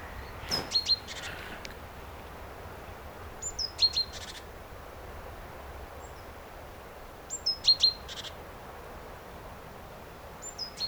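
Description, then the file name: Great tit calls: a sharp high note leading into dry buzzy chattering, repeated four times roughly every three to four seconds, with background hiss. "Parus major"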